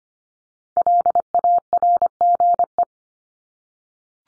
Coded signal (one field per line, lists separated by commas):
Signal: Morse code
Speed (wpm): 25 wpm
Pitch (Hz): 700 Hz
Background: none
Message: LARGE